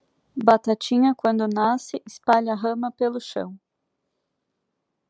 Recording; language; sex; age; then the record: short text; Brazilian Portuguese; female; 30 to 39 years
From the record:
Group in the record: control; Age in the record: 31 years